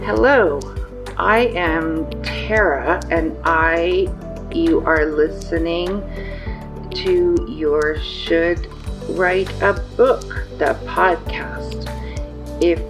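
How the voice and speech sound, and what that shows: Slow, drawn-out reading of a short introduction with a pronoun slip, typical of aphasia, from a 54-year-old woman about a week after a stroke that left her with aphasia.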